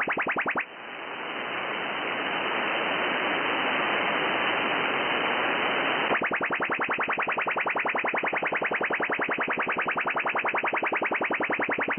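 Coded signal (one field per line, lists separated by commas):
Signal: radar signal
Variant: FMCW chirp sounder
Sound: steady rushing hiss, then a rapid regular ticking buzz of repeated sweeps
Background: radio static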